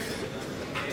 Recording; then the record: coughing mixed with background sound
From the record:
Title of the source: 55 gaggy wet cough